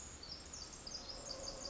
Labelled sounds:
Pacific Wren (Troglodytes pacificus)
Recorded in Sonoma County, California

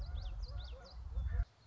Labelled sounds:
Common Yellowthroat (Geothlypis trichas)
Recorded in Sonoma County, California

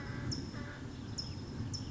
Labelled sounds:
California Towhee (Melozone crissalis)
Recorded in Sonoma County, California

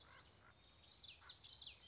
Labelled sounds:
Common Yellowthroat (Geothlypis trichas)
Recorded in Sonoma County, California

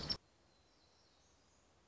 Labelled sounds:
Black-throated Gray Warbler (Setophaga nigrescens)
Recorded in Sonoma County, California

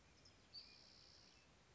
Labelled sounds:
Spotted Towhee (Pipilo maculatus)
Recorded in Sonoma County, California

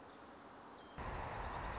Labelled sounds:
Song Sparrow (Melospiza melodia)
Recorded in Sonoma County, California

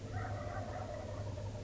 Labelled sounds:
Wild Turkey (Meleagris gallopavo)
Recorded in Sonoma County, California

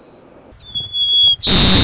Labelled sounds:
White-crowned Sparrow (Zonotrichia leucophrys)
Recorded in Sonoma County, California

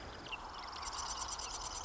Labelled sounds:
Marsh Wren (Cistothorus palustris)
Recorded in Sonoma County, California

